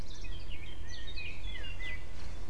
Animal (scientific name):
Sylvia atricapilla